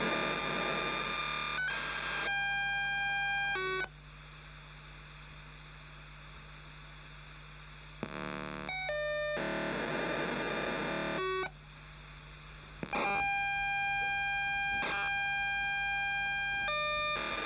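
A paging transmission comes through a radio receiver as a harsh, buzzy data squeal, with bursts of steady tones that step quickly between pitches around 2, 9 and 13 seconds. Between bursts a quieter hiss fills in, and a steady low hum runs underneath throughout.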